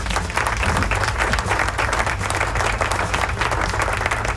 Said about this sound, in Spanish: Así que, ¡aplauso!